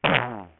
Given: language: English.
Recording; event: throat vibration sensor signal played as sound; throat clearing